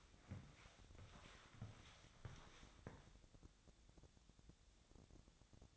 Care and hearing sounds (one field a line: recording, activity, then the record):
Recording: daily activity, microphone in the room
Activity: walk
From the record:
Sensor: 3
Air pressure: 1000.5 hPa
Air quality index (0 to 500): 166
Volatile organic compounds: 3 ppm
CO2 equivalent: 1450 ppm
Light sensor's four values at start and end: 19/49/20/22 and 19/48/20/21